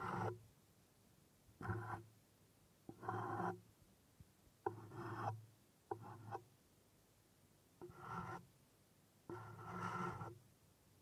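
Wooden sounds in short, separate strokes, each lasting under a second, with quiet gaps between them. About eight rough scrapes and rubs arrive at a loose, uneven pace, each carrying a grainy, hollow body with a low thud underneath.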